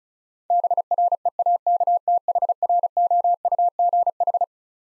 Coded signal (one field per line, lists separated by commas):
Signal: Morse code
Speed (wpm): 36 wpm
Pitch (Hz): 700 Hz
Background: none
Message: BREAKTHROUGH